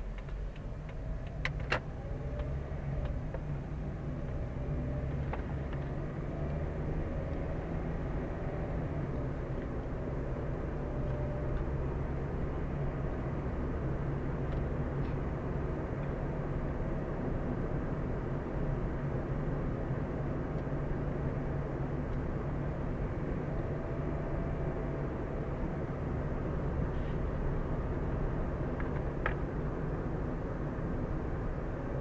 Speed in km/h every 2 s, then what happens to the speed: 11, 19, 26, 34, 40, 43, 46, 48, 48, 48, 48, 48, 48, 48, 50, 49.
0-12 speeds up to 46. 12-32 steady at about 48.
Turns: none.